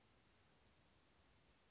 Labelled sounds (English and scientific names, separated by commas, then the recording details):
Chestnut-backed Chickadee (Poecile rufescens)
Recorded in Sonoma County, California